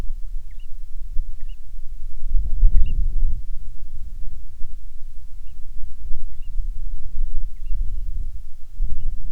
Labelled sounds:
bird
wind
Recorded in the Prudhoe Bay oil fields, Alaska, on 10 July 2019 at 14:08
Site 14

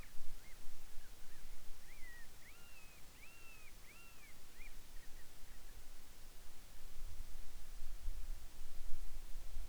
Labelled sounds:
bird
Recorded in the Arctic National Wildlife Refuge, Alaska, on 10 July 2019 at 18:06
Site 44

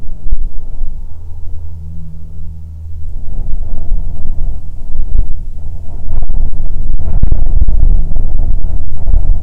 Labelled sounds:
jet
wind
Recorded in the Prudhoe Bay oil fields, Alaska, on 7 August 2019 at 14:10
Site 17

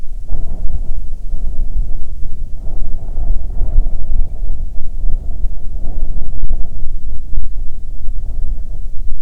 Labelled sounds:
bird
wind
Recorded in the Arctic National Wildlife Refuge, Alaska, on 9 July 2019 at 21:48
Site 48

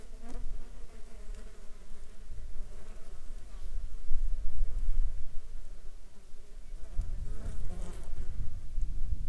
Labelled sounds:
insects
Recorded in Ivvavik National Park, Yukon, on 7 July 2019 at 13:09
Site SINP03

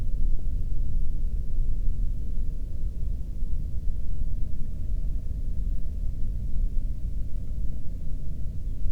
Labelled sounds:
near silence
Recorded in the Prudhoe Bay oil fields, Alaska, on 13 June 2019 at 00:32
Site 30

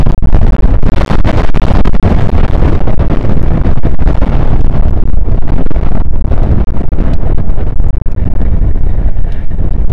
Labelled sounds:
wind
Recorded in the Prudhoe Bay oil fields, Alaska, on 1 August 2019 at 02:01
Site 29

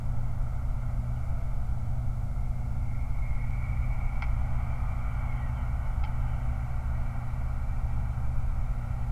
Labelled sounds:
truck
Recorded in the Prudhoe Bay oil fields, Alaska, on 29 July 2019
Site 29

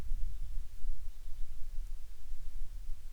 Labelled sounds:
wind
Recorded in the Prudhoe Bay oil fields, Alaska, on 10 July 2019 at 14:30
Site 14

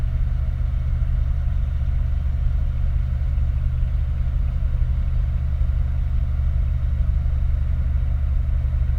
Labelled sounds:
machinery
flare stack
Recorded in the Prudhoe Bay oil fields, Alaska, on 31 July 2019 at 03:20
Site 29

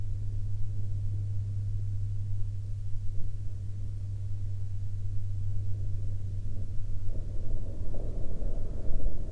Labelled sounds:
wind
aircraft
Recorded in the Prudhoe Bay oil fields, Alaska, on 5 May 2021 at 11:30
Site 23

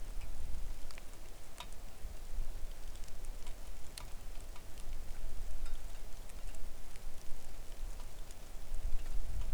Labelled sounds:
rain
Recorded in the Arctic National Wildlife Refuge, Alaska, on 3 August 2019 at 09:31
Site 41

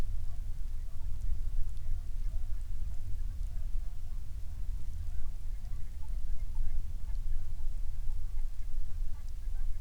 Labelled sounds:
waterfowl
rain
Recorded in the Prudhoe Bay oil fields, Alaska, on 13 May 2019 at 07:00
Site 21

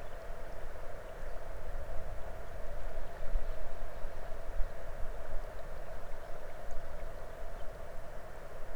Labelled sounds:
songbird
water
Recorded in the Arctic National Wildlife Refuge, Alaska, on 22 May 2019 at 00:30
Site 33

